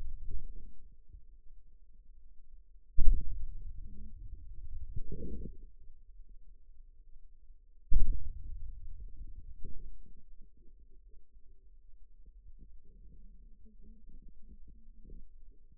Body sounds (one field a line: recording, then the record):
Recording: forearm muscle sounds (acoustic myography)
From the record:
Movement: hand opening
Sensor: system 2, bracelet of six BSWA MPA416 microphones around the upper forearm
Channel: 5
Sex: male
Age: 22 years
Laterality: right